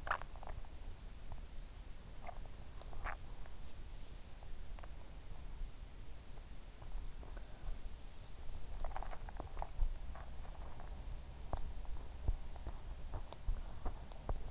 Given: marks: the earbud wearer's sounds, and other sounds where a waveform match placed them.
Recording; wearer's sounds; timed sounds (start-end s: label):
sounds in sleep by an in-ear microphone; swallowing, body movement
0.00-0.67 s: swallowing
2.09-3.26 s: swallowing
8.87-14.51 s: body movement